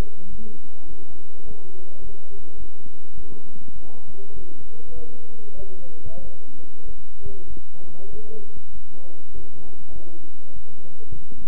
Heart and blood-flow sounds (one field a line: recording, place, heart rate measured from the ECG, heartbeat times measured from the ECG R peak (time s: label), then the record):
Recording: heart sounds by stethoscope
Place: between the tricuspid and mitral areas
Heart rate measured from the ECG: 100 bpm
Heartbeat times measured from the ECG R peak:
0.30 s: heartbeat
0.88 s: heartbeat
1.46 s: heartbeat
2.02 s: heartbeat
2.58 s: heartbeat
3.15 s: heartbeat
3.74 s: heartbeat
4.34 s: heartbeat
4.94 s: heartbeat
5.57 s: heartbeat
6.23 s: heartbeat
6.86 s: heartbeat
7.48 s: heartbeat
8.11 s: heartbeat
8.73 s: heartbeat
9.33 s: heartbeat
9.93 s: heartbeat
10.54 s: heartbeat
11.15 s: heartbeat
From the record:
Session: bicycle stress test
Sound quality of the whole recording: good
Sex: male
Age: 23 years